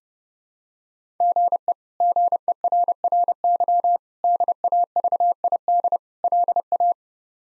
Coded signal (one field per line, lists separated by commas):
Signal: Morse code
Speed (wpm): 32 wpm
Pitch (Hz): 700 Hz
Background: none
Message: GE GERRY DAVID LA